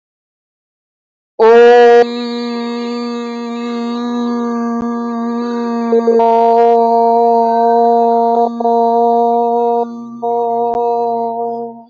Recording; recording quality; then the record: sustained vowel as in boot; excellent, no background noise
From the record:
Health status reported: COVID-19 positive, mild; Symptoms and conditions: sore throat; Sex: female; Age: 33 years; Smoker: not ticked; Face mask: not worn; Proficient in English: yes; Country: India